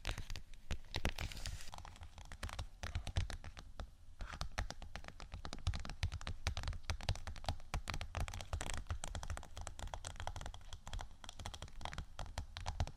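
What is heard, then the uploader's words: Dense, rapid tapping and scratching on vinyl, with sharp clicks packed closely together throughout and a low rumbling thump underneath. Brief rougher scraping bursts come near the start and around four seconds. ASMR Tapping & Scratching 5 Types Of Vinyl（No Talking）.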